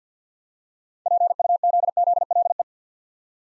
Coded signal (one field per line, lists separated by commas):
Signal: Morse code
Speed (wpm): 49 wpm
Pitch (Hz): 700 Hz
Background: none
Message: PUZZLE